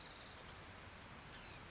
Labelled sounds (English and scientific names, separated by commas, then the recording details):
Blue-gray Gnatcatcher (Polioptila caerulea)
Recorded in Sonoma County, California